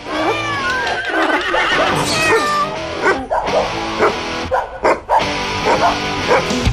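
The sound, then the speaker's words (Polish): Several dogs bark, yip and whine in a busy, overlapping chorus set to bright music in a show jingle on Polish Radio's Program Three (Trójka), with high-pitched yelps rising and falling and brief dips between bursts. “A teraz czworonogi, marsz do radia.”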